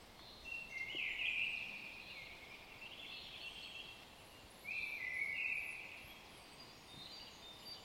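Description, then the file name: Eurasian nuthatch calls: bursts of fast notes, two of them louder, with faint high chirps of other birds and steady background hiss. "Sitta europaea"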